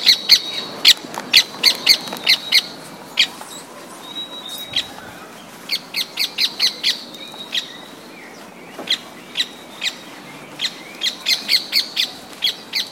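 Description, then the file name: Bird song of sharp high chirps in quick bursts separated by short pauses, with a thin whistled note in between. "passaros"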